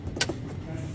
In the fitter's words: Just push it till it clicks.